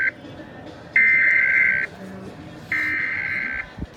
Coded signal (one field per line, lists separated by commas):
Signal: Emergency Alert System (SAME) tones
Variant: header bursts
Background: speech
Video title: EAS #90 Illinois Communications Drill